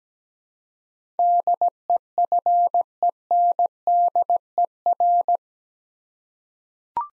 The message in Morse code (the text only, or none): DEFENDER